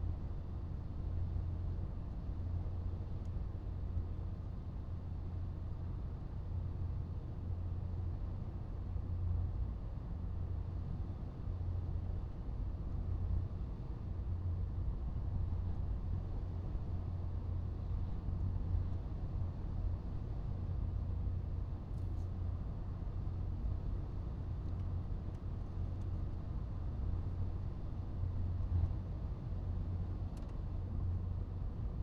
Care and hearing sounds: everyday scene through a hearing-aid microphone; in a vehicle; engine, highway driving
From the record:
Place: Skoda Fabia, gasoline engine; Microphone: in the ear canal, right

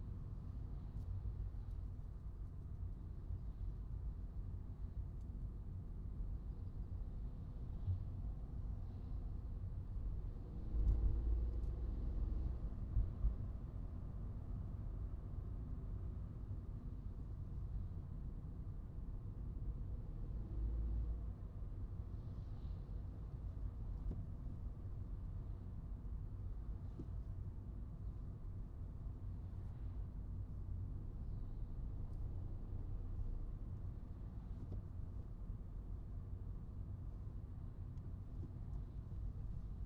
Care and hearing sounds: everyday scene through a hearing-aid microphone; in a vehicle; engine, traffic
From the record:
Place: Skoda Fabia, gasoline engine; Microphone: in the ear canal, right

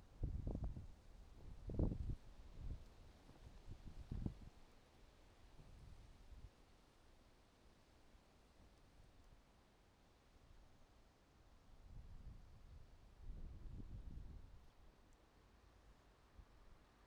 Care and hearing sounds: everyday scene through a hearing-aid microphone; wind on the microphone; wind, traffic, birds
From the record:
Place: suburban garden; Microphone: in the ear canal, right

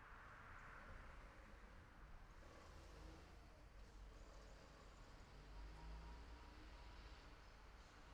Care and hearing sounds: everyday scene through a hearing-aid microphone; in traffic; traffic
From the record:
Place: city secondary road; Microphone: behind the ear, left, front

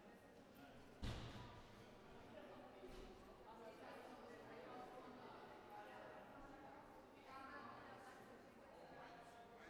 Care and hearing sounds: everyday scene through a hearing-aid microphone; reverberant space; background noise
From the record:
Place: railway station hall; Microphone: behind the ear, right, rear

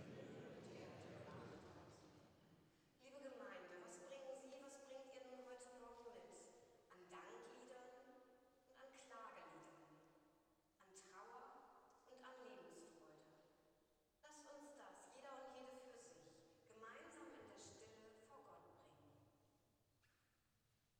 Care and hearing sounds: everyday scene through a hearing-aid microphone; reverberant space; speech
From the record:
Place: church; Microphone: in the ear canal, left

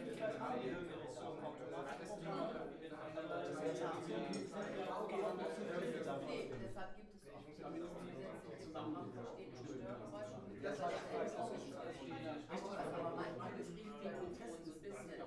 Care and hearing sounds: everyday scene through a hearing-aid microphone; many people talking; many voices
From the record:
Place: bistro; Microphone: behind the ear, right, rear

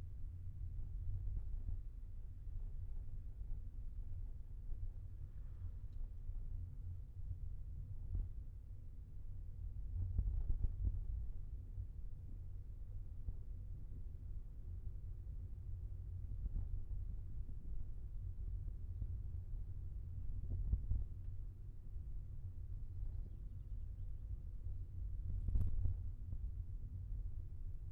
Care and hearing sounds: everyday scene through a hearing-aid microphone; in a vehicle; engine, rumble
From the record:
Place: Skoda Fabia, gasoline engine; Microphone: behind the ear, left, front

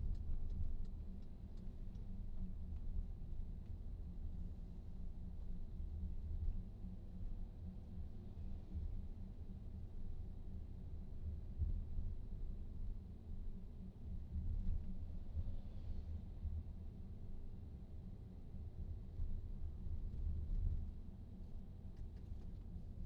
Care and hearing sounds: everyday scene through a hearing-aid microphone; in a vehicle; engine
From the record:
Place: VW T5 Caravelle, diesel engine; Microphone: in the ear canal, right

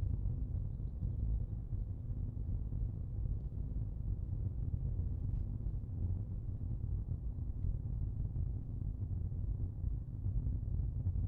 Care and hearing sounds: everyday scene through a hearing-aid microphone; in a vehicle; engine, rumble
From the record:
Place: Skoda Fabia, gasoline engine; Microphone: in the ear canal, left

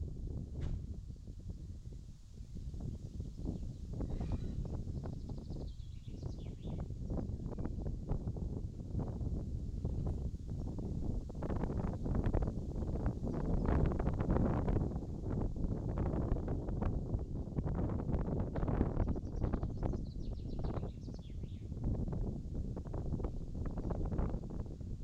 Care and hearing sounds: everyday scene through a hearing-aid microphone; wind on the microphone; wind, birds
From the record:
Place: in front of a rural house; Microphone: in the ear canal, left

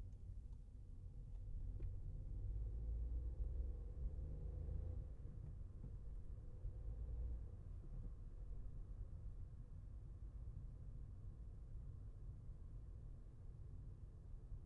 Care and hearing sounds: everyday scene through a hearing-aid microphone; in a vehicle; engine, traffic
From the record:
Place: Skoda Fabia, gasoline engine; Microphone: behind the ear, left, rear

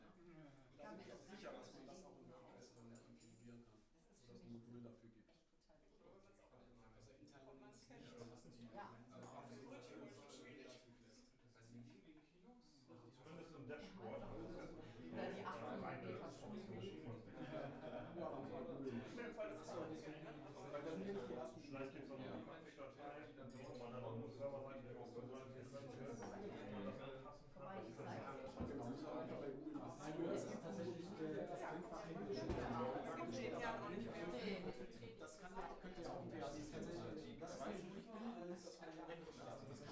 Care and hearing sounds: everyday scene through a hearing-aid microphone; many people talking; many voices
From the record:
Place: bistro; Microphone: behind the ear, left, rear

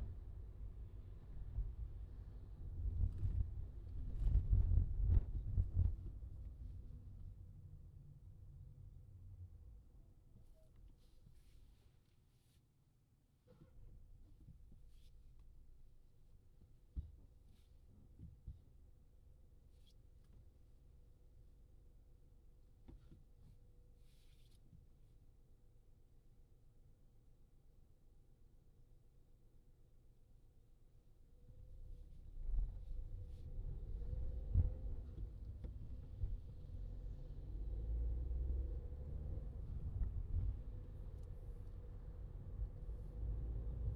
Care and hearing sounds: everyday scene through a hearing-aid microphone; in a vehicle; engine, highway traffic jam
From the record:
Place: Skoda Fabia, gasoline engine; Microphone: in the ear canal, left

